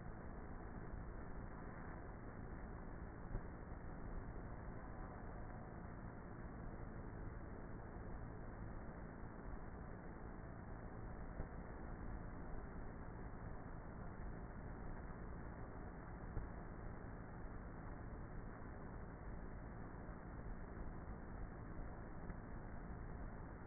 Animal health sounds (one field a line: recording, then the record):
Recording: honeybee colony, microphone inside the hive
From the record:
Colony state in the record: queenless with a low population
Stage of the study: before two queens were removed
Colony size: about 30,000 bees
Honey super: no